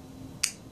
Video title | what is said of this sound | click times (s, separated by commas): How Plug Ins work and Warmer Stands | and that will not go anymore and then when everyone you can hear it click | 0.4 s